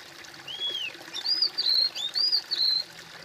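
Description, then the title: Bird song phrase: one lower arched whistle followed by several bright, higher whistled notes in quick succession, with light background hiss. "kOMPILASI suara bird"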